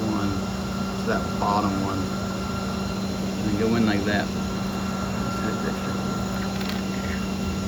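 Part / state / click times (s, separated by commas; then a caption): SIM card into router SIM slot / seated / 6.7 s. A SIM card is pushed into the bottom slot (slot 1) of a CradlePoint W1855 cellular router until it locks into place. Someone talks over a steady hum, and a short snap at 6.7 seconds marks the card seating in the slot.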